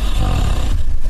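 A deep, rough rumble lasting about a second, almost entirely low-pitched, fading slightly toward the end: a single snore from an adult asleep overnight, heard from across a room in Ross Castle on Lough Sheelin, Co. Meath.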